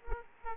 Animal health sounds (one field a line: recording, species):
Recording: mosquito wingbeat signal from an infrared sensor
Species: Aedes aegypti